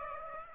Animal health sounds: mosquito wingbeat signal from an infrared sensor; Aedes aegypti

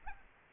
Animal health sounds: mosquito wingbeat signal from an infrared sensor; Aedes albopictus

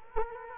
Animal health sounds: mosquito wingbeat signal from an infrared sensor; Culex quinquefasciatus

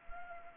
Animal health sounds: mosquito wingbeat signal from an infrared sensor; Culex pipiens

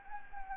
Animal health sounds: mosquito wingbeat signal from an infrared sensor; Anopheles gambiae

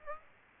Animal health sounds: mosquito wingbeat signal from an infrared sensor; Aedes aegypti

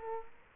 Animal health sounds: mosquito wingbeat signal from an infrared sensor; Culex quinquefasciatus

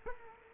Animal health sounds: mosquito wingbeat signal from an infrared sensor; Culex quinquefasciatus

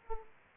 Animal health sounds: mosquito wingbeat signal from an infrared sensor; Aedes aegypti

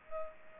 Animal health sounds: mosquito wingbeat signal from an infrared sensor; Culex pipiens

